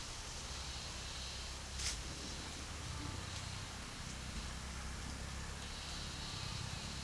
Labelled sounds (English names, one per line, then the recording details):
none
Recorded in pastures near Puerto Asís, Putumayo, Colombia, on 4 March 2025 at 13:00
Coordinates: 0.497, -76.327
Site G072